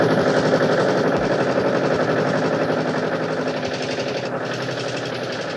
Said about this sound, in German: Aber die Motoren laufen schon.